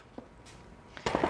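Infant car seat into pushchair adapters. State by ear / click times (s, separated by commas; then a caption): seated / 1.1 s. An infant car seat is lowered into the two adapter slots on a pushchair and clicks into place at 1.1 s, confirmed seated. Faint taps come before it at about 0.2 and 1.0 s, and a louder knock follows at 1.3 s.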